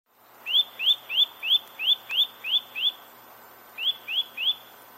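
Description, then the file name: Eurasian nuthatch giving a fast run of eight sharp, rising whistles, a short break, then three more similar notes, with soft background hiss. "Sitta europaea"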